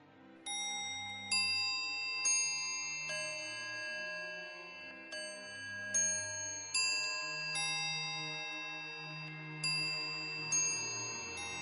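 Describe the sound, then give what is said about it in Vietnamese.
A clock bell chimes twelve strokes at midnight, each bright, ringing tone decaying into the next at an uneven, steady pace over a low sustained hum, with no voices. “Chuông thoáng vang lên, tiếp đó lại liên tục vài tiếng.”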